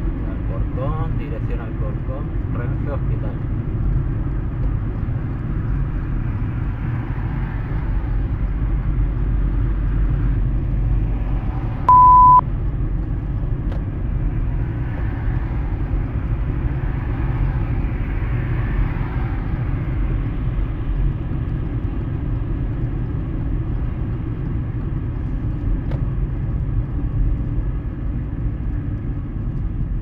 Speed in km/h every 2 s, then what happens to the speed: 67, 67, 65, 63, 61, 62, 59, 59, 61, 63, 64, 65, 64, 59, 50.
0-12 slows to 59. 12-23 steady at about 61. 23-30 slows to 50.